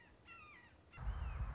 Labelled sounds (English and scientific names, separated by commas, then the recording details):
Red-shouldered Hawk (Buteo lineatus)
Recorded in Sonoma County, California